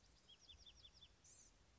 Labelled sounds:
Blue-gray Gnatcatcher
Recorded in Sonoma County, California

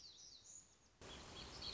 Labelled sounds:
Black-throated Gray Warbler
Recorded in Sonoma County, California

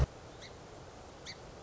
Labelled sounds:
Song Sparrow
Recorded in Sonoma County, California

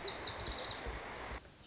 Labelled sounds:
Lazuli Bunting
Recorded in Sonoma County, California

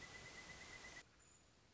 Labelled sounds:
Pileated Woodpecker
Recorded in Sonoma County, California

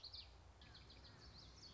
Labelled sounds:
Common Yellowthroat
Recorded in Sonoma County, California

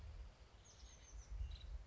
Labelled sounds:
Nuttall's Woodpecker
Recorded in Sonoma County, California

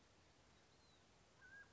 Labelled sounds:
Mountain Quail
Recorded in Sonoma County, California

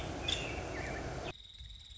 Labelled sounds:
Nuttall's Woodpecker
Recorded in Sonoma County, California

